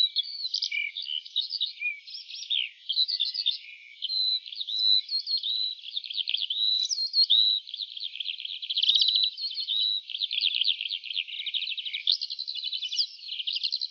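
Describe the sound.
Lark song pouring out nonstop, a mix of rapid rattling trills, sharp chirps and brief whistled notes in a varied, breathless sequence.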